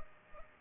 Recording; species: mosquito wingbeat signal from an infrared sensor; Culex pipiens